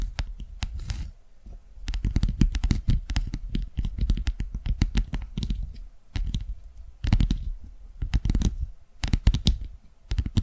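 ASMR tapping in quick, irregular bursts of crisp clicks with a soft low thud beneath, pausing briefly near four, six and nine seconds.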